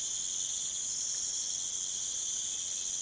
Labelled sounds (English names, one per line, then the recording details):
none
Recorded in pastures near Puerto Asís, Putumayo, Colombia, on 27 June 2025 at 01:30
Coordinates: 0.486, -76.323
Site H29